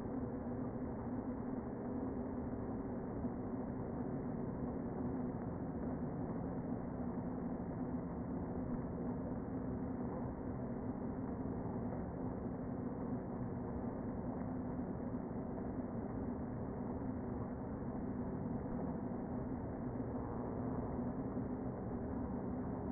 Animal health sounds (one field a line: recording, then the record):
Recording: honeybee colony, microphone inside the hive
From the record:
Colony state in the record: queen present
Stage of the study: before two queens were removed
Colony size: about 60,000 bees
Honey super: yes